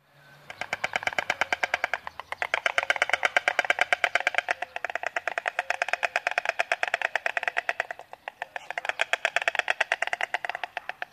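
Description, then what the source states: White stork bill clattering: a fast, dry wooden rattle of sharp taps in bursts that swell, pause briefly near eight seconds, then resume. Stork is usually silent; this bill-clattering is heard especially as communication between mates.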